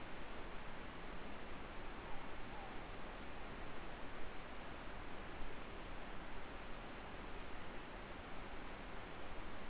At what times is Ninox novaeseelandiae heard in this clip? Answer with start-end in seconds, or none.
1.93-2.84